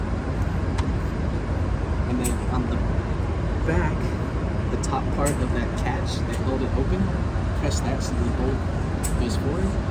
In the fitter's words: 클릭 소리가 날 때까지 위로 올려 주고, All the way up until you hear the click.